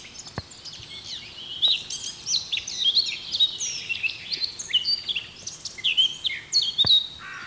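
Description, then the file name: Eurasian blackcap giving a continuous run of varied, sweet, slurred warbling notes, with a few sharp clicks. "Sylvia atricapilla"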